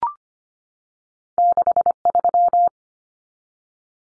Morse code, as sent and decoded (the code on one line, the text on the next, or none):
-.... ...--
63